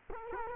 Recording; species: mosquito wingbeat signal from an infrared sensor; Culex quinquefasciatus